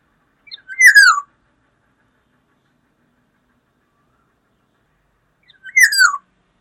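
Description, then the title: Black-naped oriole calls: two short phrases, each ending in a note falling in pitch, about five seconds apart, in an otherwise quiet background. "Kepodang"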